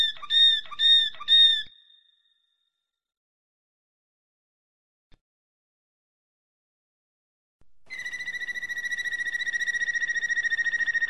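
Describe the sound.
Domestic canary gives a few rapid ringing chirped notes, falls silent for several seconds, then starts a fast buzzy trill held steady.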